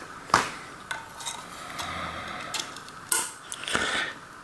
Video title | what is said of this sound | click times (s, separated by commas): Suntour XCT V2 Fork Service - Disassemble/Clean/Lube/Re-assemble | and it'll snap in place do that with both of them | 0.3 s, 3.1 s